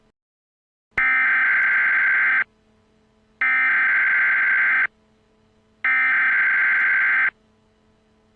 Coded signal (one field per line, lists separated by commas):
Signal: Emergency Alert System (SAME) tones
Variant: header bursts